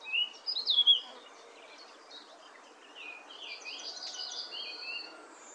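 Eurasian blackcap song: a loud burst of warbled, whistled notes at the start, then softer chattering and fluty phrases continuing against faint background noise.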